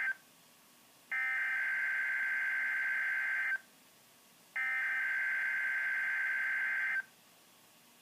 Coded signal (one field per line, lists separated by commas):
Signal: Emergency Alert System (SAME) tones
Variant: header bursts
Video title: EAS 327 KIH35 RWT With WR-120 (REUPLOAD)